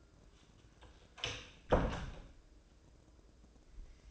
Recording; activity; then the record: daily activity, microphone in the room; close door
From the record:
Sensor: 2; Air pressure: 1012.2 hPa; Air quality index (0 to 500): 160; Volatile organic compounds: 2 ppm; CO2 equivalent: 1171 ppm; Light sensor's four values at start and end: 398/995/404/424 and 400/1001/407/426